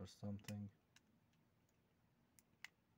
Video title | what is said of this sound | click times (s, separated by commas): iLike BSP-2580 unboxing and test #bluetooth #microsdcard | yeah it clicked in | 2.6 s